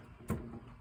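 The plastic vanity cover of a Toro lawn mower, which was not seated where it should be, is pushed so its small tab slides into the slot in the fuel tank. A single short, sharp snap at 0.3 s rises about 12 dB above the quiet background and lasts about 40 ms. The tab seats in the slot.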